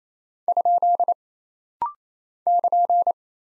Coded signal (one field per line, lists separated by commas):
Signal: Morse code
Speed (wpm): 28 wpm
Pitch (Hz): 700 Hz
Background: none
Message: ? <KN>